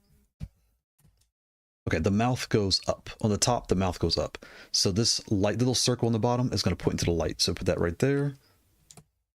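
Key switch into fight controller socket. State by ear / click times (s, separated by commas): seated / 8.9 s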